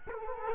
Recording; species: mosquito wingbeat signal from an infrared sensor; Culex quinquefasciatus